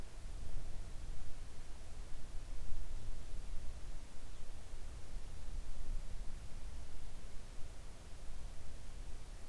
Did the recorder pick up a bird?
no